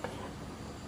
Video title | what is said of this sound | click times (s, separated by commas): NASI ARAB KABSAH UDANG GUNA SUSU COLOSTRUM DAN PRESSURE COOKER COOKLINE MEMANG SEDAP TAK TERKATA | satu bunyi klik disitu Oke kita tunggu Ayo kita | 0.0 s